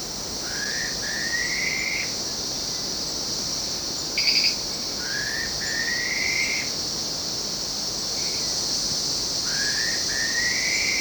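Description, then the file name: Black-faced pitta giving paired, slurred whistles, each rising and repeated in short two-part phrases about every four and a half seconds, over a steady high insect drone. "pitta anerythra"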